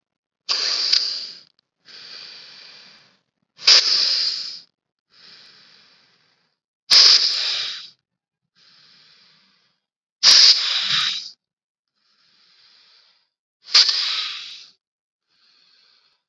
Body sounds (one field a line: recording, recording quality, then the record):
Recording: deep breathing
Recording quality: excellent, no background noise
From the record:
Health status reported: COVID-19 positive, mild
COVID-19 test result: positive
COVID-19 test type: RT-PCR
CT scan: not taken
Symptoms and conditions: cough, fever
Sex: female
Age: 19 years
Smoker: no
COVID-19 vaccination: both doses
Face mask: worn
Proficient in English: yes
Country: India